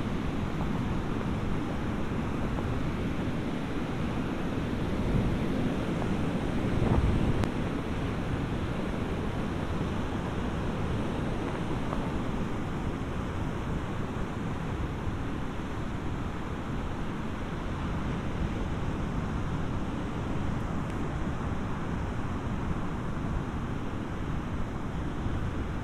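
On a beach in southern Iceland, surf and wind make a thick, unbroken roar that stays heavy in the low end for the whole stretch. Around the sixth and seventh seconds it swells briefly with a short burst, then settles back to a constant wash.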